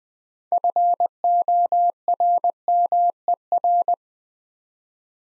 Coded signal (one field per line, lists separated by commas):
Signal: Morse code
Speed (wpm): 20 wpm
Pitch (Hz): 700 Hz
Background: none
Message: FORMER